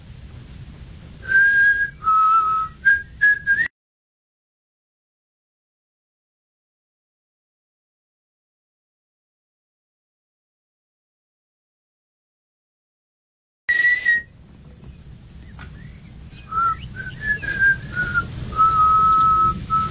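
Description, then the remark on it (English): Someone whistles a tune in two bursts split by a long silence, the clear, mid-high notes stepping up and down in pitch over a low background rumble. “I taught you how to whistle.”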